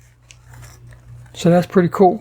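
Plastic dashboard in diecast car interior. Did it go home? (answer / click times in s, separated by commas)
released / 0.3 s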